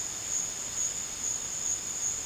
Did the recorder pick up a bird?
no